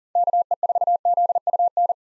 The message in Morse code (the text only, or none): KE4ZUN